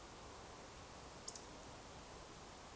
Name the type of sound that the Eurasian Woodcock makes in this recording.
whistle